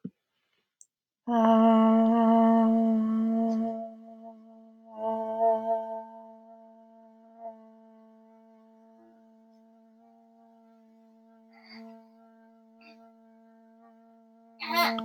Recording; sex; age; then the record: vowel held as long as possible; female; 30 to 39 years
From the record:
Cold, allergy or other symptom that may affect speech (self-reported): no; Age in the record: 32 years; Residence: Pennsylvania, United States